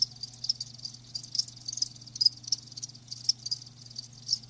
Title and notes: Live Crickets Chirping. Enjoy the lulling song of crickets to help you fall asleep and stay asleep. RainManCJ